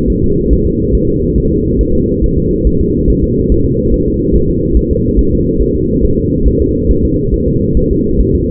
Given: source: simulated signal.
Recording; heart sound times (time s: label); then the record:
fetal heart sounds
0.10 s: S1
0.24 s: S2
0.53 s: S1
0.67 s: S2
0.95 s: S1
1.09 s: S2
1.38 s: S1
1.52 s: S2
1.81 s: S1
1.95 s: S2
2.24 s: S1
2.38 s: S2
2.67 s: S1
2.81 s: S2
3.10 s: S1
3.24 s: S2
3.52 s: S1
3.66 s: S2
3.94 s: S1
4.08 s: S2
4.36 s: S1
4.50 s: S2
4.77 s: S1
4.91 s: S2
5.19 s: S1
5.33 s: S2
5.62 s: S1
5.76 s: S2
6.05 s: S1
6.19 s: S2
6.48 s: S1
6.62 s: S2
6.91 s: S1
7.05 s: S2
7.34 s: S1
7.48 s: S2
7.77 s: S1
7.91 s: S2
8.21 s: S1
8.35 s: S2
From the record:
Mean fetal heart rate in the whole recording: 140 bpm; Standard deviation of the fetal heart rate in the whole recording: 2 bpm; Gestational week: 34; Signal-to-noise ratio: -15.3 dB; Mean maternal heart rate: 72 bpm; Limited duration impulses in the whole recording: present